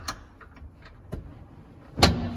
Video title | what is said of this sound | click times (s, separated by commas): VW Kampa SE version 2 full tour | The bed in the middle, put your hands down, lift it up, and it will click | 2.0 s